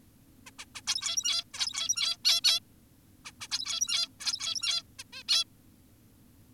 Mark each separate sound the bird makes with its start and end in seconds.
0.46-0.51, 0.59-0.65, 0.75-0.82, 0.87-1.44, 1.54-2.17, 2.25-2.41, 2.44-2.60, 3.25-3.32, 3.41-3.48, 3.51-4.09, 4.20-4.83, 4.99-5.04, 5.13-5.23, 5.28-5.44